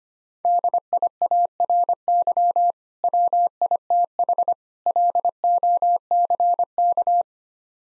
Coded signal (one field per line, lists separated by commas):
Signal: Morse code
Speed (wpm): 26 wpm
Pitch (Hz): 700 Hz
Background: none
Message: DIARY WITH LOCK